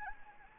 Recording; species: mosquito wingbeat signal from an infrared sensor; Anopheles gambiae